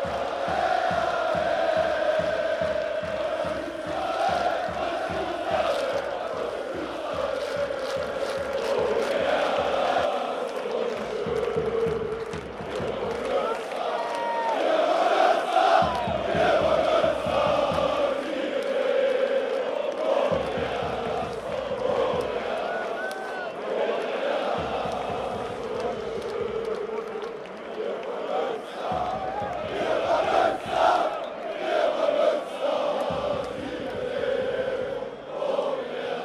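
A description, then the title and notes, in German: Football fans at a DFB-Pokal match chant and sing in one loud, unbroken mass of voices. A fast, regular drumbeat pounds underneath, dropping out briefly every few seconds after the ten-second mark. Scattered whoops and shouts rise over the chanting. Atmosphäre bei Preußen Münster gegen VfL Wolfsburg. Fans beim DFB-Pokalspiel des SC Preußen Münster gegen den VfL Wolfsburg.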